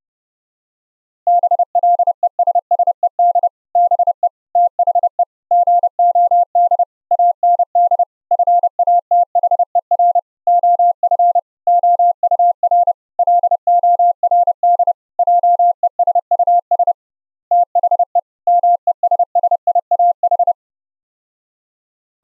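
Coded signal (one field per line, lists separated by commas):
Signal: Morse code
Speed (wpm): 30 wpm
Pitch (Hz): 700 Hz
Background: none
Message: BLESSED BE THE GOD AND FATHER OF OUR LORD JESUS THE MESSIAH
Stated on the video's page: Morse audio sent live over the internet using FFMPEG with the Opus codec, low-delay mode, 4 kHz cutoff.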